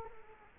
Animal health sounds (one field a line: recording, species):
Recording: mosquito wingbeat signal from an infrared sensor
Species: Culex quinquefasciatus